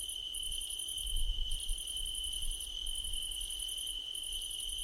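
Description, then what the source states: Cricket chorus with pulsed high trills in bursts separated by short gaps, a constant ringing insect tone beneath, and low rumbling noise. Crickets at night under a starlit sky, nighttime ambience.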